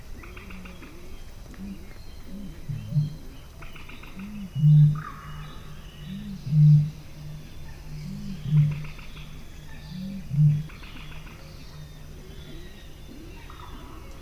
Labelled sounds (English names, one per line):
Little Crake